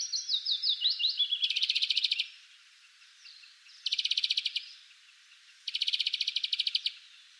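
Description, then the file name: European greenfinch: a short twittering run of descending notes followed by three dry buzzy trills spaced about two seconds apart. "Chloris chloris"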